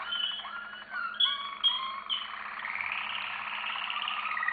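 Canary song with short whistles and quick sweeps, then a long rapid buzzy trill that rises slightly. A low hum sits in the background.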